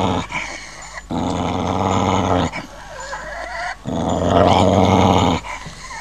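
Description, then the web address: Dog growling in long rumbling bouts of one to two seconds, broken by short breaks. "Hund"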